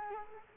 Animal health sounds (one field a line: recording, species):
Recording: mosquito wingbeat signal from an infrared sensor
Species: Culex quinquefasciatus